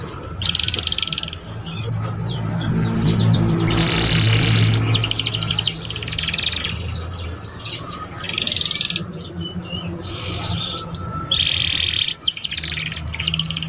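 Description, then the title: Belgian canary song of buzzy rolls and clipped whistled notes in repeated phrases, with a low rumble underneath throughout. Belgian canary song played to warm up young canaries and stimulate them to start singing and chirping quickly. "Canto Para Esquentar Canário Belga. SUARA KENARI PAUD CUIT CUIT BELAJAR BUNYI - pancingan kenari paud muda agar cepat bunyi dan ngeriwik"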